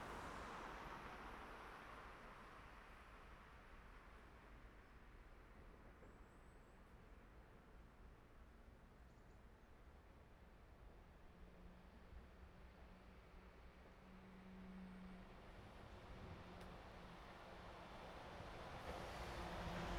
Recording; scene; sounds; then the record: everyday scene through a hearing-aid microphone; in traffic; traffic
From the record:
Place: main road on the outskirts, rush hour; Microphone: behind the ear, right, rear